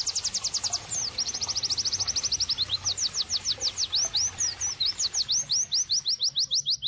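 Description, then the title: White-eye singing a fast, unbroken stream of high chirps. It begins with a quick rattling trill, then shifts into looser, rhythmic downslurred whistles. Pleci singing actively (gacor); therapy and bird-training (masteran) audio for pleci. "Pleci Gacor. terapi pleci dextro 87 plus masteran kenari sahdu OmAcuz Dextro87 channel"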